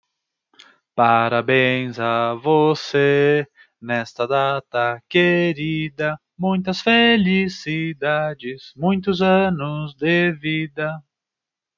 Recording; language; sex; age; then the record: short text; Brazilian Portuguese; male; 30 to 39 years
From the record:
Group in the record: control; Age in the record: 32 years